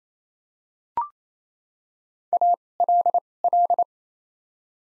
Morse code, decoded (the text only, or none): ALL